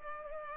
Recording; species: mosquito wingbeat signal from an infrared sensor; Culex pipiens